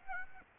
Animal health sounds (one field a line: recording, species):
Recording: mosquito wingbeat signal from an infrared sensor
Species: Aedes aegypti